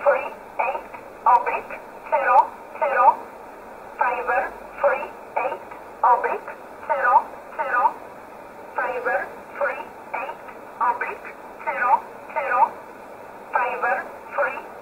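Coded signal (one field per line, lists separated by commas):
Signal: numbers station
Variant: E11 Oblique, English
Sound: a voice reading short words at an even pace over narrowband single-sideband radio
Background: radio static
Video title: 07 08 2019 E11 Oblique Numbers station in English 0901 on 7449 unknown tx site in USB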